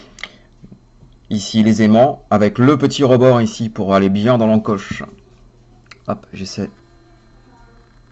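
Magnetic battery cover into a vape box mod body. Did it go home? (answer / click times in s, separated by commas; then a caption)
yes / 5.9 s. Someone talks while lining up the magnetic battery cover of a SURRIC X vape box mod with its notch on the body. The magnets pull the cover shut with a short click at 5.9 s (two quick ticks). The cover seats and engages perfectly.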